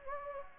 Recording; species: mosquito wingbeat signal from an infrared sensor; Anopheles gambiae